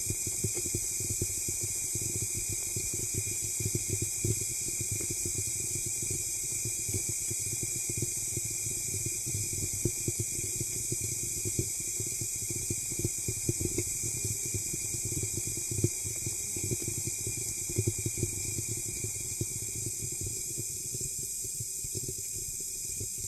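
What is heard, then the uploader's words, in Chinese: A hair dryer or humidifier runs steadily, with a constant airy hiss on top and a low motor hum underneath. Dense, fine crackling like popping candy fizzes throughout the whole clip, even, with no pauses or changes. 吸水弹、蜡烛、跳跳糖、吹风机、加湿器。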